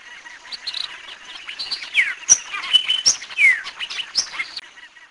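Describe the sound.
Bird calls, quick chirps and short downslurred whistles, with several notes around the middle, over a steady high buzz.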